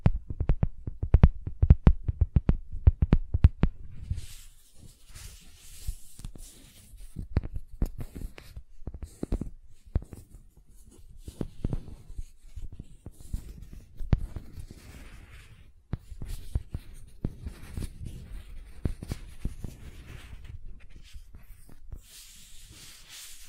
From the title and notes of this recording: ASMR Gentle Silicon Sounds for Sleep (No Talking).